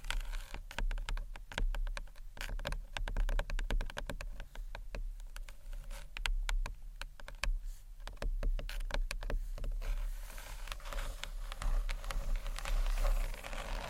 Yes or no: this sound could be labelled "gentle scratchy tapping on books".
yes